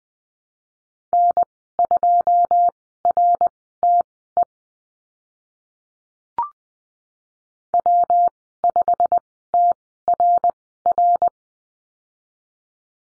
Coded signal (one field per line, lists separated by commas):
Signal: Morse code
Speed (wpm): 20 wpm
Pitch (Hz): 700 Hz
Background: none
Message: N2RTE W5TRR